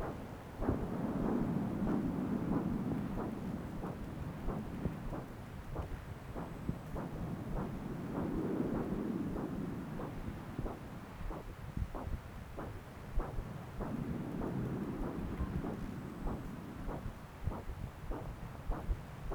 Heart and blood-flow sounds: Doppler ultrasound of blood flow; right subclavian vein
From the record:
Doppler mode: continuous wave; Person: adult scuba diver, at rest before a dive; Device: O'Dive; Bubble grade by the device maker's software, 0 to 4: 0

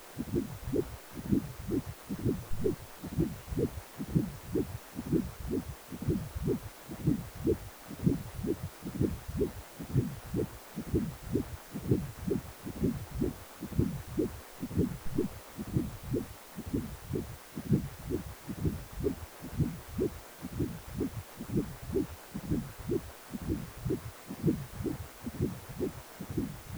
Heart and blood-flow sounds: Doppler ultrasound of blood flow; precordium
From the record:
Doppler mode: continuous wave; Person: healthy adult, 18 to 50 years, no heart murmur, not diving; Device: 2.5 MHz transducer

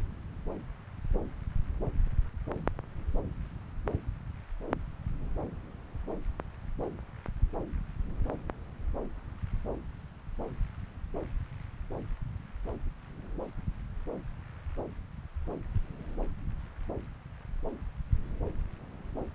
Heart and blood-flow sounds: Doppler ultrasound of blood flow; left subclavian vein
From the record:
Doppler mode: continuous wave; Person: adult scuba diver, at rest before a dive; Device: O'Dive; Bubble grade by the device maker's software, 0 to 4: 0

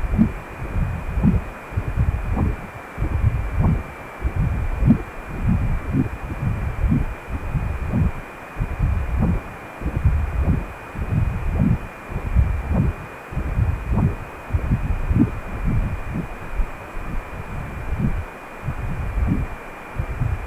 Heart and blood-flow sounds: Doppler ultrasound of blood flow; precordium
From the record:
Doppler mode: continuous wave and pulsed wave in the uncut recording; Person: healthy adult, 18 to 50 years, no heart murmur, not diving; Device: 2.5 MHz transducer

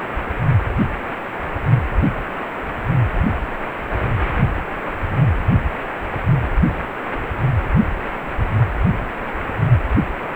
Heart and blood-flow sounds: Doppler ultrasound of blood flow; precordium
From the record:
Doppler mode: pulsed wave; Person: healthy adult, 18 to 50 years, no heart murmur, not diving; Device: 2.5 MHz transducer

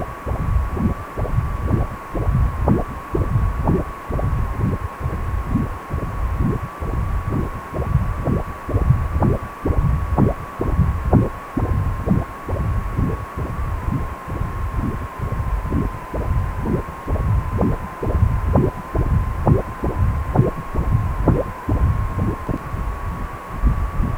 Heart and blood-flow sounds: Doppler ultrasound of blood flow; precordium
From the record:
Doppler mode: continuous wave and pulsed wave in the uncut recording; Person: healthy adult, 18 to 50 years, no heart murmur, not diving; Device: 2.5 MHz transducer

